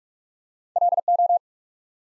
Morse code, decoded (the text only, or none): LO